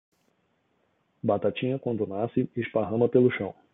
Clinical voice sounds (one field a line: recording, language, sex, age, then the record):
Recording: short text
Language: Brazilian Portuguese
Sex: male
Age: 40 to 49 years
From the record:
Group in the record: control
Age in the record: 45 years